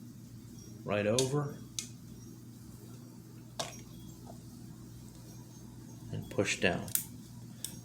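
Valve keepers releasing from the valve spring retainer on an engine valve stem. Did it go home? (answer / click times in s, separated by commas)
released / 7.6 s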